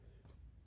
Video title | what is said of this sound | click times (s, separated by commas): Giant Trance E+ Speed Unlock Chip Installation. Syncdrive Pro | push down gently on this little clip and you'll hear a click and | 0.3 s